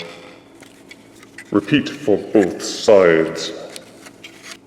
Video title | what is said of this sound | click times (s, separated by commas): Voyager Astrotrain/Darkmoon - Titans Return | angle the wings and the arms until the tab and the groove lock together | 1.4 s